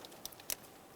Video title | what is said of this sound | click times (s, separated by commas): How To Replace Air Pump Electric Motor 2000-2005 Buick LeSabre | we'll listen for our click | 0.5 s